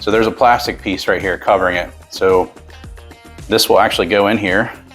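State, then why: Not seated. A metal footrest bracket is handled at the frame socket of a ComfyGo X-6 folding electric wheelchair, with a plastic piece covering the socket. Someone talks over background music, and two short handling knocks come at about 2.8 and 3.0 seconds. The clip ends just before the bracket goes home, so nothing has seated or clicked yet.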